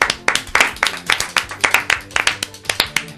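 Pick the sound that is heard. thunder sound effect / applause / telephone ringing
applause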